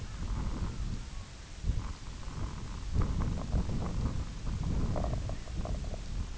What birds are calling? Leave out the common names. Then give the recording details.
Clangula hyemalis. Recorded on Arctic tundra, site IGLO-F, on 22 June 2018. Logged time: 04:00